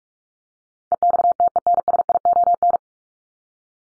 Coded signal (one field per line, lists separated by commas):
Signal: Morse code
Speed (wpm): 44 wpm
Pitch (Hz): 700 Hz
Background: none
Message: EXTENSION